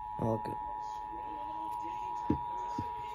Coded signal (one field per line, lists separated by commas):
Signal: Emergency Alert System (SAME) tones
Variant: 853 and 960 Hz attention tone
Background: speech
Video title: TEXAS REQUIRED MONTHLY TEST (REAL EAS#2225-2226)